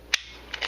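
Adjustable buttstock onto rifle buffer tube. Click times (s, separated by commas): 0.1 s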